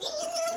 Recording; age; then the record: pig call; piglet (1 to 25 days)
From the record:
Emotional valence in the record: negative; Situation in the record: fighting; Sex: male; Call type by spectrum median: low-frequency call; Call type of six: high-frequency stable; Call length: 0.57 s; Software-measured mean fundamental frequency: 320 Hz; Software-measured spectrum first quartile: 683 Hz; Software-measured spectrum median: 1730 Hz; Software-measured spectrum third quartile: 5247 Hz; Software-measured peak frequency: 667 Hz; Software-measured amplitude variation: 124 dB a second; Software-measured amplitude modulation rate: 25.6 a second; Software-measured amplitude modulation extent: 4.8 dB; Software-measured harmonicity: 9.3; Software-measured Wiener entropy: -3.31